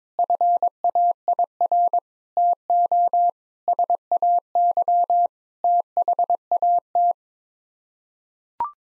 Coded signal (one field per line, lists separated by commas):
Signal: Morse code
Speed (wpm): 22 wpm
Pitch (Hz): 700 Hz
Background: none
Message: FAIR TO SAY THAT